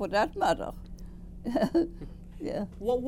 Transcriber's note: chuckles